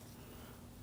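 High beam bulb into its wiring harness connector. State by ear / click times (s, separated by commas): not seated / none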